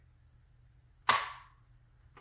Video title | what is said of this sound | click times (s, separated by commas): B3 Concealment AC1 holster - urbanwar88 | and you hear that click, | 1.1 s